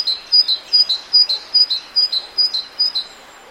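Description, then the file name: Great tit song, a two-note phrase of high and lower whistled notes repeated rapidly several times, against faint background hiss. "Parus major"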